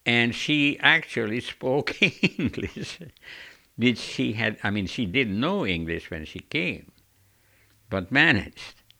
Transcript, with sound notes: And she actually spoke English (he laughs) which she had, I mean, she didn't know English when she came but managed.